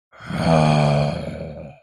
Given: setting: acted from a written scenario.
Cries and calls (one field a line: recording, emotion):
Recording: vocal sound without words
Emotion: anger